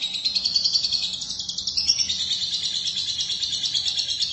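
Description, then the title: Lovebird song of rapid, high-pitched buzzy chattering, with pulsed notes wavering up and down in pitch throughout. "BM Suara Burung Lovebird"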